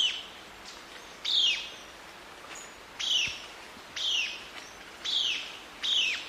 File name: canto do limpa folha coroado